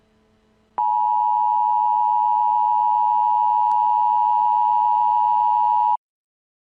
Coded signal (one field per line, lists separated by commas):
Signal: Emergency Alert System (SAME) tones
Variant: 853 and 960 Hz attention tone